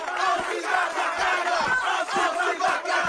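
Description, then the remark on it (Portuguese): A large crowd of college students shouts and screams shrilly without pause, a dense, high-pitched roar of cheering that stays loud and steady throughout. “A voz de Rock não consegue superar os gritos estridentes do corpo estudantil.”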